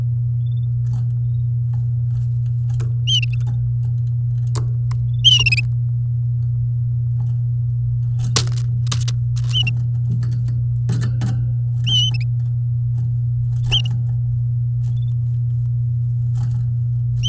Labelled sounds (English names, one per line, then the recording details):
Domestic Canary song
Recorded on 9 May 2018 at 10:01
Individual llb16